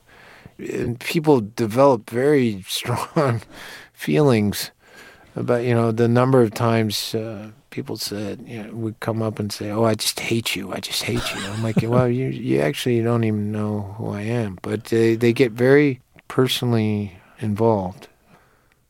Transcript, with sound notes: And people develop very strong feelings about - you know, the number of times people said - would come up and say, oh, I just hate you. I just hate you.
(Laughter).
I'm like, well, you actually - you don't even know who I am. But they get very personally involved.